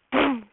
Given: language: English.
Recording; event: throat vibration sensor signal played as sound; throat clearing